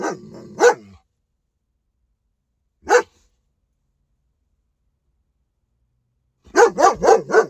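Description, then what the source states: Domestic dog barking in short spells: a low rumbling note and bark, a single bark after a pause, then four rapid barks at the end. Dog named King.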